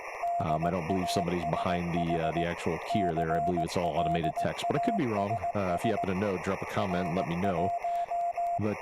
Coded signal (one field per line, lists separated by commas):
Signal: Morse code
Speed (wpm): 18 wpm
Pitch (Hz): 690 Hz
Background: speech, radio noise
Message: DASH CLASS R1